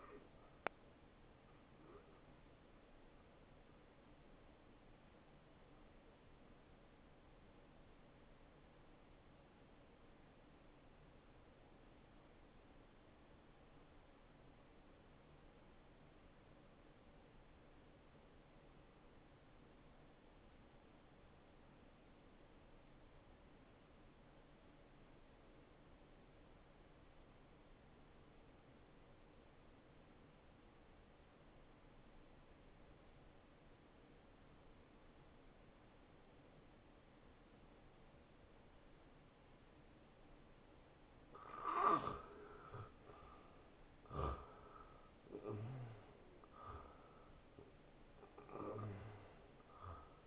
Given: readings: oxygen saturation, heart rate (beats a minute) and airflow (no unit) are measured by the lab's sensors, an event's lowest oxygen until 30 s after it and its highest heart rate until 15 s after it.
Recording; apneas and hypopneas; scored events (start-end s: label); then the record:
breathing in sleep by a voice recorder at the bedside; 1
3.00-40.60 s: hypopnea (N1, oxygen 95% highest, then 83% lowest, heart rate 74 at the start, 76 highest)
From the record:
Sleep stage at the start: N1 (lightest sleep); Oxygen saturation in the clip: 86 to 95%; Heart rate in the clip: 58 to 75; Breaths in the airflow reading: 8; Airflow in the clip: -15.9 to 10.2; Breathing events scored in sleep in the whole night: 263 in 5.5 hours asleep